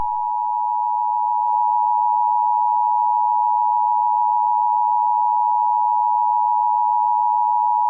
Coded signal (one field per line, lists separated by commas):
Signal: Emergency Alert System (SAME) tones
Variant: 853 and 960 Hz attention tone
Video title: Eas scenario 1 the tds zombie invasion (read description)